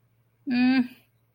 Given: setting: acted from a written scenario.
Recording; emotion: vocal sound without words; embarrassment